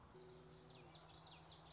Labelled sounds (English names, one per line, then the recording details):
Common Yellowthroat
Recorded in Sonoma County, California